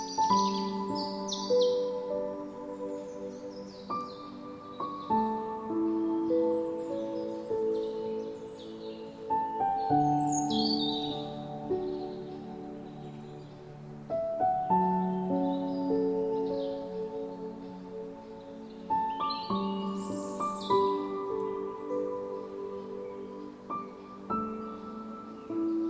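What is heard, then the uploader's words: Gentle, slow piano-like music of sustained held notes and chord changes every few seconds, with bright bird chirps flickering throughout above it. Music with Birds Singing.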